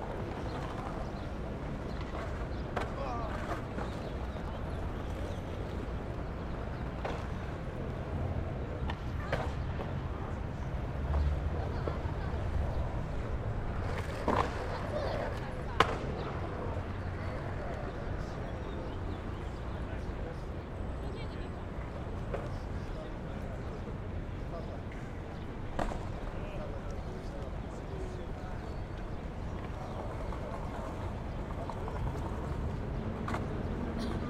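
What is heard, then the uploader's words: Busy outdoor square ambience: a steady murmur of voices and low traffic rumble, with scattered sharp clicks and knocks, one louder near sixteen seconds. Union Square, San Francisco, CA. Ambient sound of Union Square. Recorded with Zoom H6, using X/Y Mic Capsule at 120 Degrees wide.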